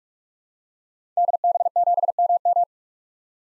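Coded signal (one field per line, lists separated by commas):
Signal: Morse code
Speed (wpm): 46 wpm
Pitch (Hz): 700 Hz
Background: none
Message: DB7MM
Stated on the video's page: Common SOTA activator call signs at 45 wpm for head-copy practice, each sent, then spoken, then sent again.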